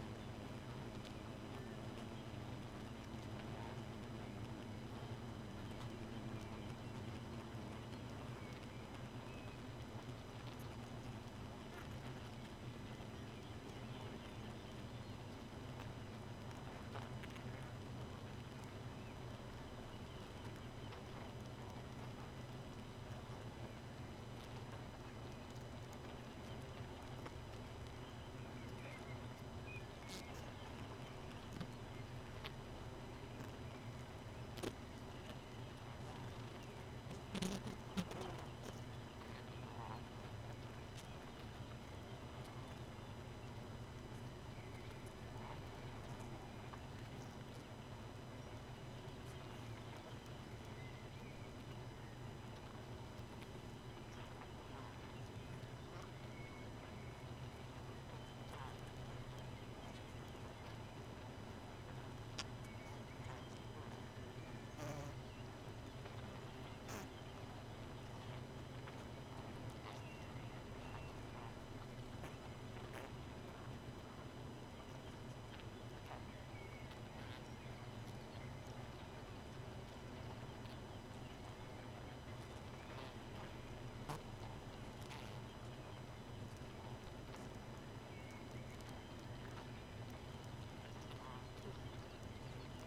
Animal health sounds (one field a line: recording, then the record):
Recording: honeybee colony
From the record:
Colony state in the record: missing queen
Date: 31 May 2018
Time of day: 2:55